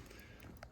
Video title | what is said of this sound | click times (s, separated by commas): NEW!!! Tudor BB - @RomanSharf Made ME an OFFER I Couldn’t REFUSE!!! | hear that snap too you wanna wanna get up close on this one check this out | 0.6 s